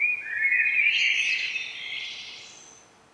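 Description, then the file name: Common blackbird giving one full, fluted warble that slides upward into a thin high trailing twitter, then fades away. "Turdus merula"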